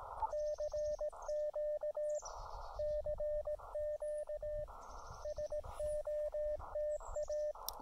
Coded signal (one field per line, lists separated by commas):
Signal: Morse code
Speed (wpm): 17 wpm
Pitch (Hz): 590 Hz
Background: radio noise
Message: CQ CQ SOTA